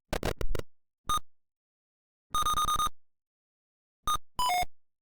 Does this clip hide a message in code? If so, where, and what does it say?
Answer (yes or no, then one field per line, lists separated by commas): no